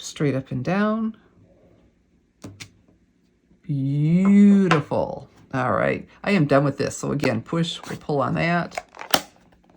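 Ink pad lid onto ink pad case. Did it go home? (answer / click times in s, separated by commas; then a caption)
yes / 9.1 s. Someone talks while closing a plastic ink pad lid onto its ink pad case, pushing and pulling it shut again. A sharp, clear click at 9.1 s shows the lid has seated and is closed.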